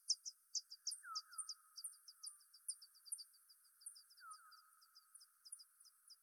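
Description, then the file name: Bat calls: a continuous series of high chirping pulses, with small groups of lower downward-sweeping calls early and again later. Bat movement recorded at the Gondwana garden in Rayol. "Rayol Gondwana Mouvementde Chauve Souris Mercier Glotin"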